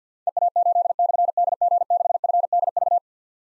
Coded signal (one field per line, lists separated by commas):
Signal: Morse code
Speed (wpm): 48 wpm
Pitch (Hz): 700 Hz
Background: none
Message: EA8/DG6FDV